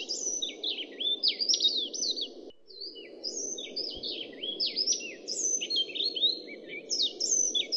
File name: suara fiji whiteeye